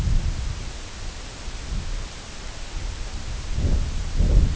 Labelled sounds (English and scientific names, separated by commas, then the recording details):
none
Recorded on Arctic tundra, site IGLO-D, on 19 June 2018
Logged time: 14:00